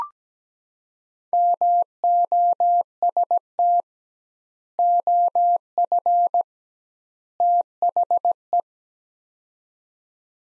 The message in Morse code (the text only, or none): MOST OF THE